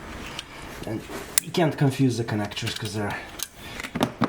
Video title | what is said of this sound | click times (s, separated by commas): BMW 335d & X5d M57 Valve Cover Gasket DIY Part 2 | I'm gonna connect the injectors until they click, | 0.4 s